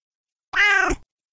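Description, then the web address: Cat giving a single short, bright meow lasting about half a second, otherwise quiet. "cat meowing"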